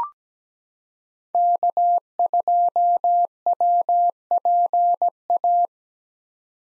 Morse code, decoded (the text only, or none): K2WPA